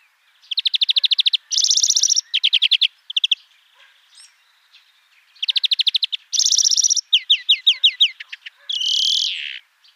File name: Chloris chloris